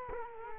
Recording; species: mosquito wingbeat signal from an infrared sensor; Culex quinquefasciatus